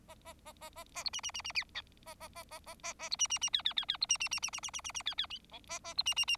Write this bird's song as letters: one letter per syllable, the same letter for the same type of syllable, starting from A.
A A A A A A B C C C C D A A A A A A A B C C C D D D D B C C C C C C C C C D D E A A B C C C